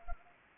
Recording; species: mosquito wingbeat signal from an infrared sensor; Anopheles arabiensis